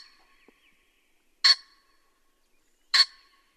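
Pheasant uttering two abrupt, harsh bursts about one and a half seconds apart, otherwise quiet.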